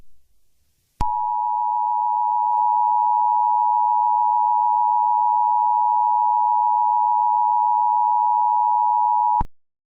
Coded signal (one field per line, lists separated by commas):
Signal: Emergency Alert System (SAME) tones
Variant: 853 and 960 Hz attention tone